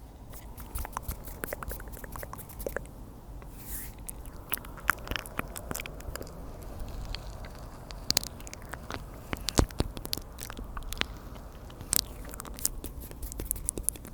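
Mouth sounds fill the clip: rapid, irregular clicks and soft smacks, dense and crisp, with a few sharper pops near 8, 9.5 and 12 seconds. A low steady rumble sits underneath, like outdoor night air.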